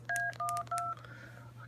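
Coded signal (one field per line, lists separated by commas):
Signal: DTMF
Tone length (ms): 230 ms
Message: A12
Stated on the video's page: Tones from a 446.150 repeater system.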